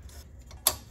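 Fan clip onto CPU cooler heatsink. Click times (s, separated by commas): 0.7 s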